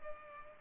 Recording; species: mosquito wingbeat signal from an infrared sensor; Culex pipiens